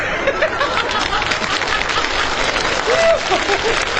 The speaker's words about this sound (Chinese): 您还给他鼓掌。